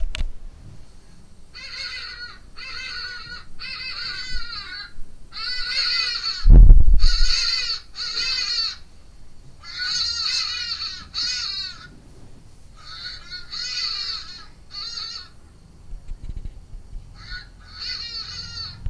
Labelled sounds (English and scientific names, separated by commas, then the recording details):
Hadada Ibis (Bostrychia hagedash)
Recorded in Lake Mburo, Uganda